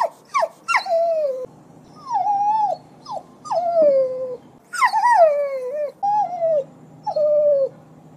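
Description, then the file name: Dog making quick yips followed by longer wavering, downward whines, several times over, with a faint low hum underneath. A call to a dog to come. "Tieng goi cho den"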